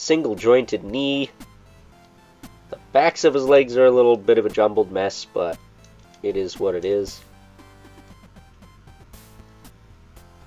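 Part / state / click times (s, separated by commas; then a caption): plastic leg panels of a transforming action figure / not seated / none. Plastic panels on the backs of the legs of a Hasbro Transformers Legacy Amazon Exclusive Wreck & Rule Deluxe Class G2 Leadfoot transforming action figure are handled and pushed to close, with faint short plastic taps under someone talking and background music. The panels do not snap in, and nothing has seated or clicked yet.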